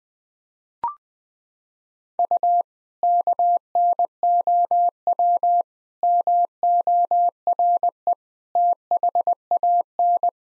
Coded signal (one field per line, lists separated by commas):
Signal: Morse code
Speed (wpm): 20 wpm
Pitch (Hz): 700 Hz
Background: none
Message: U KNOW MORE THAN